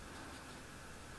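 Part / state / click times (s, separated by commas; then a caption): knife blade into plastic sheath / not seated / none. A Mora Companion Spark knife blade is being slid down into its plastic sheath, to be turned until the sheath's small retention lip grabs it. Only steady, even broadband noise is heard, with no distinct click. Nothing has seated or clicked yet.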